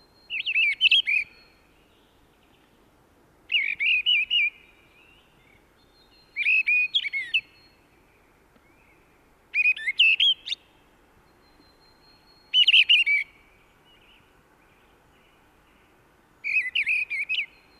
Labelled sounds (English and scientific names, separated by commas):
Mistle Thrush (Turdus viscivorus)